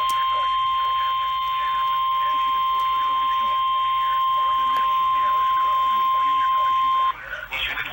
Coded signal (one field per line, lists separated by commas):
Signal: Emergency Alert System (SAME) tones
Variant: 1050 Hz attention tone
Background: speech